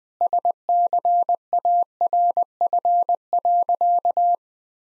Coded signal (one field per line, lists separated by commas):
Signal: Morse code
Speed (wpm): 20 wpm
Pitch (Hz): 700 Hz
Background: none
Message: SCARF.